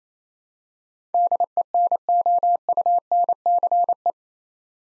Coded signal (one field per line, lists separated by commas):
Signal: Morse code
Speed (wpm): 28 wpm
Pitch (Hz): 700 Hz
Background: none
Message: DENOUNCE